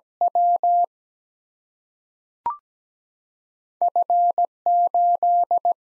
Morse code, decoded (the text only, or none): W F 8